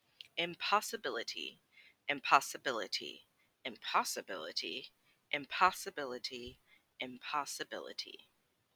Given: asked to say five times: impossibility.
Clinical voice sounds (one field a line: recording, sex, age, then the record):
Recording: repeated word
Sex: female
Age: 20 to 29 years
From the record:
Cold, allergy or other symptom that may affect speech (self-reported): no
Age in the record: 28 years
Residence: United States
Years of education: 14